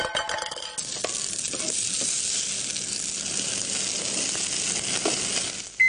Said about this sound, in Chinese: 煎啲肥膏出嚟啊嘛！